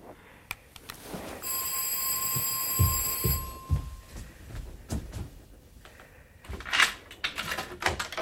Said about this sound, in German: Warte mal einen Augenblick. Es klingelt. Bleib dran.